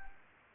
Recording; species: mosquito wingbeat signal from an infrared sensor; Anopheles arabiensis